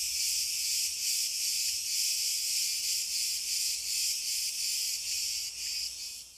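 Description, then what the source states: Cicadas giving a continuous sizzling buzz with slight rhythmic pulsing, fading a little toward the end. Cicadas calling in pine trees.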